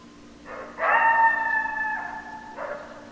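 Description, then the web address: Coyote howl, a steady harmonic tone held for about a second, with a softer lower note before it and a short note near the end. Several coyotes, recorded 10 December 2012. "Coyote 2012 12 10 Coyotes 03"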